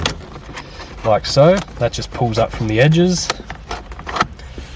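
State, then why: Released. Someone talks while pulling the small rubber surround around the shifter in the centre console trim up from its edges. After a few small handling clicks, the surround pops out of its locating tabs with a sharp click at 4.2 s; it tucks under at the front and locks into place.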